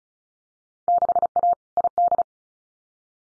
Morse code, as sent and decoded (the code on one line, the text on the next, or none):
-.... .- / .. -..
6A ID